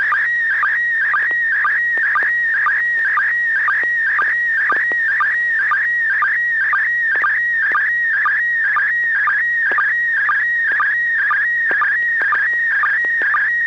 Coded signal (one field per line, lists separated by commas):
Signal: SSTV (slow-scan television)